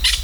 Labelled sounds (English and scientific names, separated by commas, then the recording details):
Brown-throated Parakeet (Eupsittula pertinax) contact call
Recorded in Venezuela
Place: Hato Matapalo, Bolívar
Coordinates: 7.356, -61.542